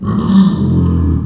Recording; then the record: squeal of a Yucatan mini pig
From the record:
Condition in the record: after surgery on the right vocal fold (resection and tissue-engineered implant); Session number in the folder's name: 13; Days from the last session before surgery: 113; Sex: female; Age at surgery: 19 weeks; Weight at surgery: 25 kg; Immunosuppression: prednisolone